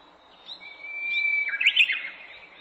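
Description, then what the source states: Japanese bush warbler singing one long level whistle that ends in a loud, rapid, slurred phrase of tumbling notes. Recorded 18 April 2008.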